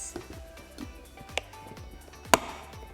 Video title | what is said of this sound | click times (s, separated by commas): How to make Vegan Burger Sauce in a Vitamix Blender! - Recipe Video | and then one third of a cup of water we'll lock our lid into place | 2.3 s